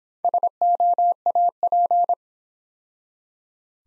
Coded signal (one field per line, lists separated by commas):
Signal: Morse code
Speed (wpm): 26 wpm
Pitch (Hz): 700 Hz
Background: none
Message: SOAP